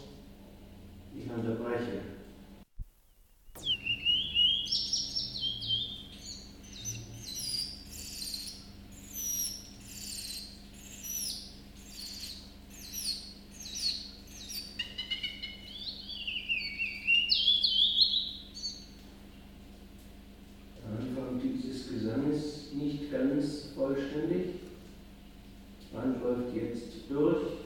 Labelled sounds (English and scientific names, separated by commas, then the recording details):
Willow Warbler (Phylloscopus trochilus)
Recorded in captivity
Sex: male
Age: adult
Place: Zoologisches Institut Universität Tübingen, Baden-Württemberg, DE
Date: 1965-05-19
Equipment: Nagra III PH, kleiner englischer Parabolspiegel, LGS26
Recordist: Schneider, Hans-Joachim